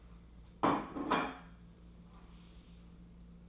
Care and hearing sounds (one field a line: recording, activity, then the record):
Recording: daily activity, microphone in the room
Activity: place plate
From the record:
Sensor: 1